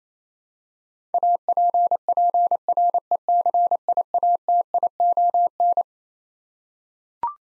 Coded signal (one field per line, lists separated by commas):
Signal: Morse code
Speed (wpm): 28 wpm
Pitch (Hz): 700 Hz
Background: none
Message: APPRECIATION